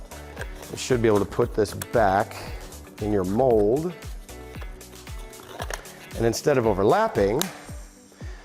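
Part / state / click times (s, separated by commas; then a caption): trim end piece into a mold frame / seated / 5.7 s. An S5 trim end piece is pushed back into its mold frame so the trim ends snap together instead of overlapping. Someone talks over background music, with small taps and shuffles before a sharp snap at 5.7 s. The trim end is seated in the mold.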